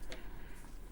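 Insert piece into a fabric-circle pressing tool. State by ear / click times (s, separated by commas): not seated / none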